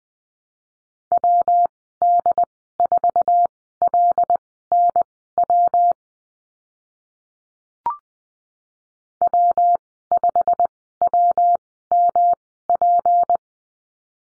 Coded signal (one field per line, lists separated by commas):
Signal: Morse code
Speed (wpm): 20 wpm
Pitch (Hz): 700 Hz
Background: none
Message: WD4LNW W5WMP